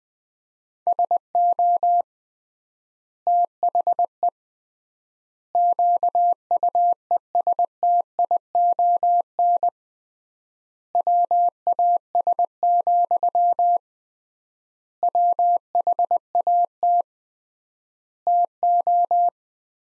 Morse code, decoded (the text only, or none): SO THE QUESTION WAS, WHAT TO